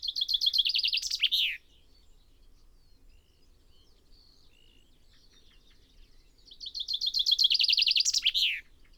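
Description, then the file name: Common chaffinch giving two song phrases, each a bright run of repeated notes ending in a flourish, with faint calls between. "Fringilla coelebs"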